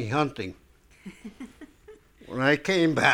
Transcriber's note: laughs